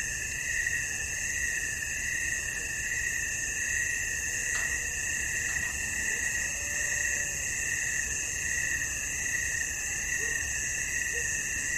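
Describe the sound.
Cricket: steady high-pitched trilling, unbroken throughout, with occasional faint low tones and a couple of soft clicks behind.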